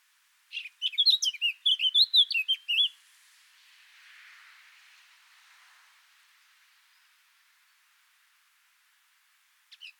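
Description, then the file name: Eurasian blackcap singing one brisk warbled phrase of chattering and fluty notes lasting over two seconds, followed by a long hush and two brief notes at the end. "Sylvia atricapilla"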